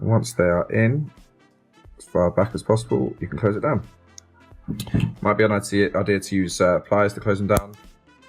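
Someone talks while handling a solderless strip-to-power connector for 8mm and 10mm single-colour LED strips, with the wires pushed in as far back as possible before its hinged plastic lid is closed down over them, using pliers if needed. No sharp impacts stand out over the speech. Nothing has seated or clicked yet; the lid has not clicked shut.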